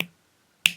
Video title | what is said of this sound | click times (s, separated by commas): The Quasar RDA | she pops into place she's ready to rock and roll | 0.0 s, 0.7 s